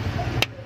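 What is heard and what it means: After the clutch line is bled on a Nissan Evalia / Grand Livina, a clutch hose quick connector is pushed into its locking clip on the clutch line fitting. A single sharp click sounds at 0.4 s over a steady low background hum. The connector is seated and locked.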